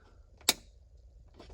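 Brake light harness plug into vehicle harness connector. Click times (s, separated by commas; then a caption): 0.5 s. The wiring harness plug of an SMY Performance JDM Subaru OEM rear windshield third brake light for a 2015-2021 WRX (STI) is pushed into the car's mating harness connector, plastic connector halves. A faint tap comes just before one sharp, bright click at 0.5 s, followed later by softer clicking near the end. The connector is seated with a nice little click.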